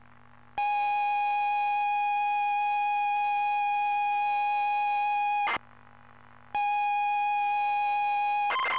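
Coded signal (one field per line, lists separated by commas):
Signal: ZX Spectrum tape loading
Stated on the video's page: ZX Spectrum +2 cassette tape loading on a real machine, not an emulator.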